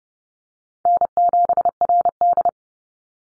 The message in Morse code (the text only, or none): N7RD